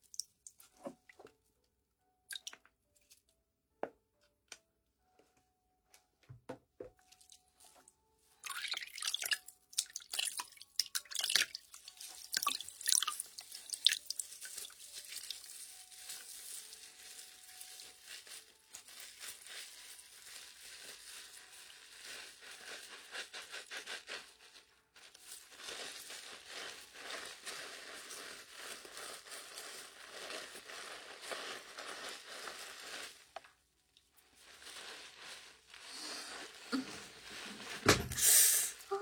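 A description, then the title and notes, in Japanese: Foam and water crackle and fizz in dense, bright bursts after a sparse start with scattered drips, pausing briefly near 24 and 34 seconds. 在鹿姐姐的洗发店！泡沫、水の音。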